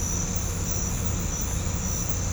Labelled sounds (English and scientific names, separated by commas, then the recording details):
none
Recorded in pastures near Puerto Asís, Putumayo, Colombia, on 18 December 2024 at 04:00
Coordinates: 0.505, -76.324
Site G063